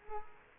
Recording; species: mosquito wingbeat signal from an infrared sensor; Culex quinquefasciatus